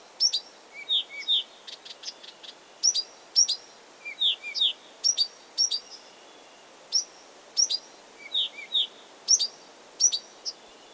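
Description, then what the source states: Blyth's reed warbler song: sharp high chirps paired with lower slurred notes, the same short phrase repeated again and again with brief gaps. Recorded 16 June 2022.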